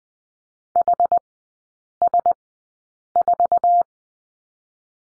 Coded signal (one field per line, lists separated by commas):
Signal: Morse code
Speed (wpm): 20 wpm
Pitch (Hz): 700 Hz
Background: none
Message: HS4